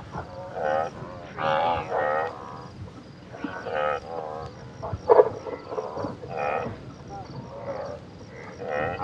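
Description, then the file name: Wildebeest calling, with repeated nasal, croaking grunts at an uneven rhythm. Wildebeest at a waterhole. "Wildebeasts Waterhole Vinta"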